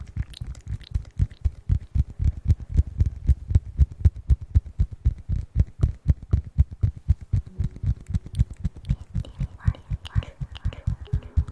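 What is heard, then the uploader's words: Mouth sounds made close up: a fast, even run of soft, thumping clicks, about four or five each second, heavy and low with brief crisp edges. The rhythm holds steady throughout, with a few faint squeaky tones near the end. Sounds close to the mouth!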